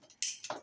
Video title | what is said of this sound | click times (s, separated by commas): how to wire a switch loop from a existing pull chain light with 3 lines in the box to start | Hear it snap, one snap, | 0.2 s